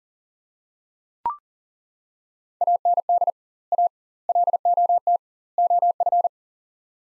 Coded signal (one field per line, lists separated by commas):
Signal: Morse code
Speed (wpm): 40 wpm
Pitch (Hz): 700 Hz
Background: none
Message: AND A LOT OF